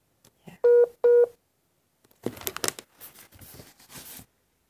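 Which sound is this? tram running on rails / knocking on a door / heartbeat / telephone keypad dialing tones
telephone keypad dialing tones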